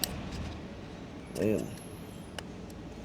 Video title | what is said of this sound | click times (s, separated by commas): XMAX DIY fuel filter replacement easiest way | Ayun, nag-lock na siya mga boss. | 2.4 s